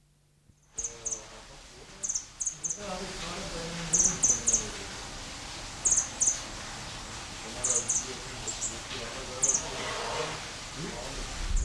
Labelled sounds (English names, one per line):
Red Fody